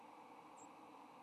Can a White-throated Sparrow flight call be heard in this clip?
no